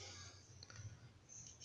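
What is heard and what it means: A replacement metal soldering tip from the same manufacturer is being handled and fitted onto the handpiece of a JCD 8898 digital soldering station's iron. Only faint handling ticks and light clicking are heard over a steady low hum. The tip has not seated yet.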